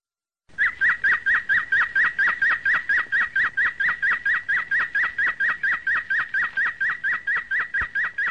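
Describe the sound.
Domestic canary song: a long fast run of identical sharp chirped notes near the same pitch, steady and loud throughout.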